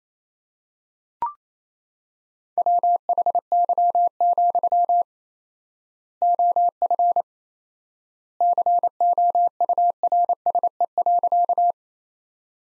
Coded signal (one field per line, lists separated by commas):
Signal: Morse code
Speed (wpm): 28 wpm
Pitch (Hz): 700 Hz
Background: none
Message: WHY, OF COURSE.